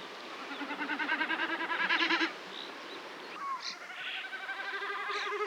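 Common snipe drumming, a quick tremulous bleating hum lasting about two seconds, followed by a softer pulsing bout and a few short calls.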